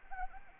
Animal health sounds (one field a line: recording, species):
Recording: mosquito wingbeat signal from an infrared sensor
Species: Anopheles arabiensis